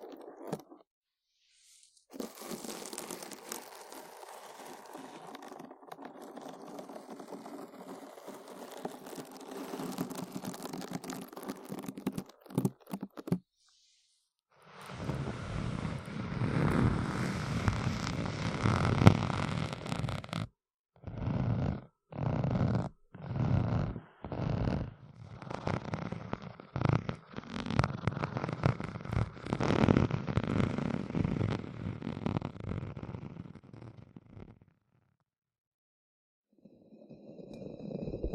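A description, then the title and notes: Scratching sounds for ASMR, coarse and crackly, run in a dense steady stretch for the first dozen seconds, stop, then return stronger. Around the twenty-second mark the scratching breaks into short separate bursts before settling into a continuous rasp that fades out near the end. ASMR Deep Brain Scratching（No Talking）.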